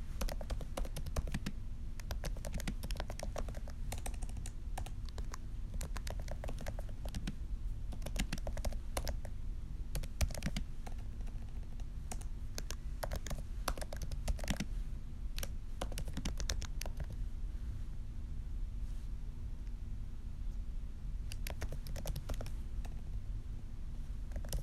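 Dry keyboard typing: bursts of quick clicks with short pauses. The keystrokes come in busy runs through most of the clip, thinning out around 17 to 21 seconds before picking up again. Under them sits a steady low hum.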